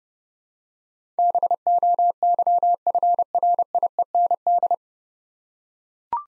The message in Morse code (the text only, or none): BOYFRIEND